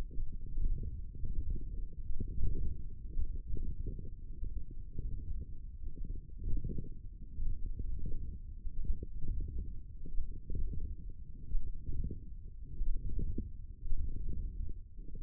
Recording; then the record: forearm muscle sounds (acoustic myography)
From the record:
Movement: wrist flexion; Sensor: system 1, eight BSWA MPA416 microphones around the upper forearm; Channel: 3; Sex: male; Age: 21 years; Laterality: right